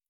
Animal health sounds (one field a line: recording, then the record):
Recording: hydrophone in a shrimp aquaculture tank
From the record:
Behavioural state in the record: stressed